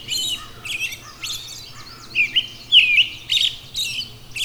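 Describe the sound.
Robin song: high, thin warbled phrases with quick twittering notes and brief sweeping whistles, coming in short bursts with tiny pauses between them.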